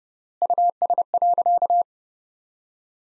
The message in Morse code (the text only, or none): US.